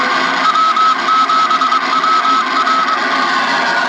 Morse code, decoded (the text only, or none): W7WR